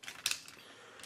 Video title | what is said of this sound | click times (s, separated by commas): Transformers Masterpiece Ultra Magnus | swing that down it clicks into place you have these two tabs | 0.3 s